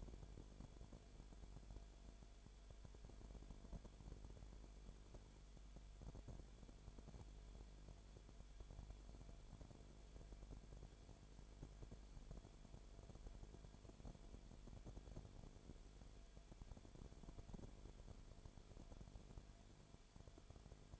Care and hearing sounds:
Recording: daily activity, microphone in the room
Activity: no activity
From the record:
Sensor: 5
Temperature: 19.9 degrees Celsius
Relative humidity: 35.6%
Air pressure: 1003.4 hPa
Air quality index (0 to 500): 56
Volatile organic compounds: 1 ppm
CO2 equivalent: 634 ppm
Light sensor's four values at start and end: 2/3/1/1 and 2/3/1/1

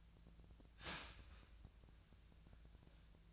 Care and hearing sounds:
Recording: daily activity, microphone in the room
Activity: start toaster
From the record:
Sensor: 2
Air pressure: 1009.2 hPa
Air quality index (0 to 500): 186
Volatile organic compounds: 11 ppm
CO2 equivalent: 2315 ppm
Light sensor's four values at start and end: 23/57/24/27 and 23/57/24/27

